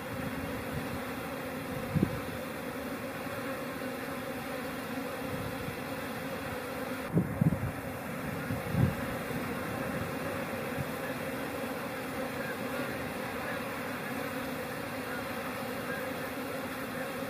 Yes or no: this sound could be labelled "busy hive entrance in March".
yes